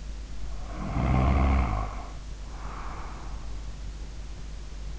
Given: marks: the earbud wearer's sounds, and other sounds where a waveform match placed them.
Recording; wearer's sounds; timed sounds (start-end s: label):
sounds in sleep by an in-ear microphone; snoring breath
0.58-3.39 s: snoring breath